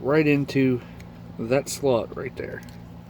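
During the transformation of a plastic Transformers Studio Series 57 Off-Road Bumblebee action figure, the arm is being rotated so a small gray plastic peg can be pushed into a slot. Someone talks over a faint steady low hum, and no click or impact sound is heard. Nothing has seated or clicked yet.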